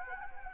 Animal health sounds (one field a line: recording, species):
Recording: mosquito wingbeat signal from an infrared sensor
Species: Anopheles gambiae